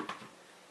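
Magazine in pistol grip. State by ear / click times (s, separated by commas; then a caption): released / 0.1 s. A press of the magazine release button on an HFC HG-118EL spring airsoft pistol unlatches the magazine from the pistol grip with a short, sharp click at 0.1 s. A faint, steady background follows, and the magazine is released.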